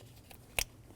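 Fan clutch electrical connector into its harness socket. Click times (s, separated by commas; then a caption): 0.6 s. A plastic fan clutch electrical connector on a 2019-2025 Ram 2500 6.7L L6 is pushed onto its mating harness socket on the engine. After a faint tick at 0.3 s, a sharp, loud click at 0.6 s shows the connector seating, and another short tap follows at 1.0 s.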